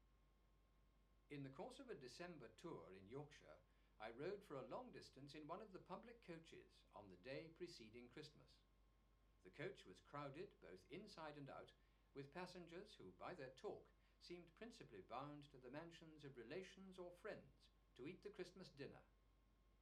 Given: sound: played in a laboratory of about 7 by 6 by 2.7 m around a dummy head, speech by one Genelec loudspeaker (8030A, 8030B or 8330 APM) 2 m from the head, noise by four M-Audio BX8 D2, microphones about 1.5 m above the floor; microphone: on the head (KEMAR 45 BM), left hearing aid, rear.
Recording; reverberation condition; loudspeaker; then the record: male speech in English; low; 90 degrees to the left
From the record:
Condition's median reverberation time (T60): about 310 ms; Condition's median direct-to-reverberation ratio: about 3.5 dB